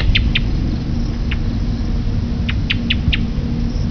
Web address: birdcall Blackbi